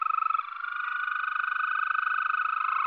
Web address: Green Toad